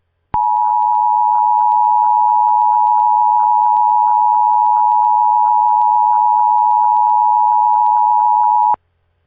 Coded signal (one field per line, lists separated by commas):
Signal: Emergency Alert System (SAME) tones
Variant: 853 and 960 Hz attention tone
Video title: EAS Mock: Carbon Hill Castrophe (GoldenboyEAS Remake)